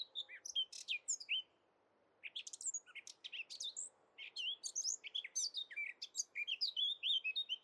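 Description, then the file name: Eurasian blackcap song: a fast, varied warble of high chirps and scratchy notes in several bursts, with a pause of under a second before the phrases resume. "Sylvia atricapilla"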